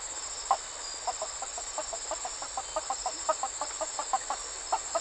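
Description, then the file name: Map tree frog calls: many short clucking notes in fairly steady succession, several per second, beneath a continuous high hum. "Hyla geographica"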